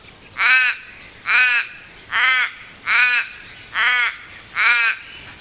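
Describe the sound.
Crow calling six loud, harsh, rasping caws, evenly spaced roughly every 0.8 seconds, with nothing else notable in the background.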